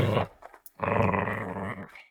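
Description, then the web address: Chihuahua snarling: a short rough growl, a brief pause with faint sounds, then a longer throaty, harmonic snarl lasting over a second before fading. Chihuahua snarling during a fight; soft version. "soundpool geraeusche natur-tiere hunde"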